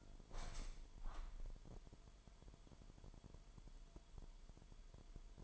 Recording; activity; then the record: daily activity, microphone in the room; open window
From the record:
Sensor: 5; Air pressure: 998.2 hPa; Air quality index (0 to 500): 92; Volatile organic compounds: 2 ppm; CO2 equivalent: 1049 ppm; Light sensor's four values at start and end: 22/52/21/23 and 22/52/21/24